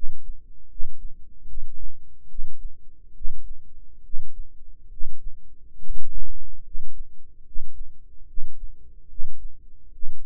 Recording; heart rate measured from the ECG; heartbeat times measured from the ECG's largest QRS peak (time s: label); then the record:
heart sounds by microphone in the right ear; 71 bpm
0.67 s: heartbeat
1.45 s: heartbeat
2.27 s: heartbeat
3.13 s: heartbeat
4.01 s: heartbeat
4.88 s: heartbeat
5.77 s: heartbeat
6.62 s: heartbeat
7.43 s: heartbeat
8.25 s: heartbeat
9.07 s: heartbeat
9.90 s: heartbeat
From the record:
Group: healthy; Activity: rest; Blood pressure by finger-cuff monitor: 106/59 mmHg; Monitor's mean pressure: 74 mmHg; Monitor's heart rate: 73 bpm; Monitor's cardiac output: 7.4 L/min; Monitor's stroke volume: 101 mL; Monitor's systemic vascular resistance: 710 dyn s/cm5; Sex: male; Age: 35 years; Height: 180 cm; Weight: 86.9 kg